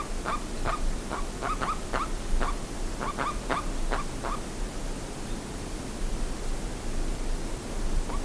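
Bird giving irregular clusters of short, sharp notes for about four seconds, then near silence apart from steady hiss and one faint final note.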